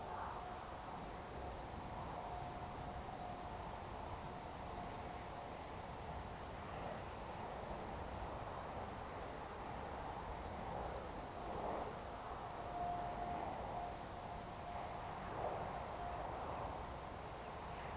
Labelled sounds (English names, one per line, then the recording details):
Eurasian Woodcock
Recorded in Baden-Württemberg, Germany, on 29 June 2020 at 20:15 UTC
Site 43791, 788 m above sea level